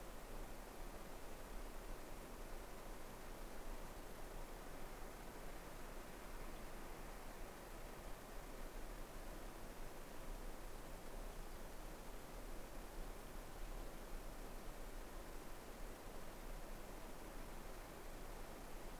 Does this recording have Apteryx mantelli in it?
no